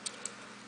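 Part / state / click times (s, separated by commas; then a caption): plastic figure part into the figure's body / seated / 0.1 s, 0.3 s. During transformation of a small plastic Transformers Breacher Scout Class action figure, a piece is brought back down and clicks into its locked position in the figure's body. Two short, sharp, high-pitched clicks sound at 0.1 s and 0.3 s over a steady low hiss. The part is seated.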